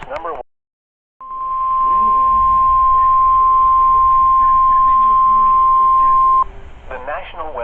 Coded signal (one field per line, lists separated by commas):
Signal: Emergency Alert System (SAME) tones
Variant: 1050 Hz attention tone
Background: speech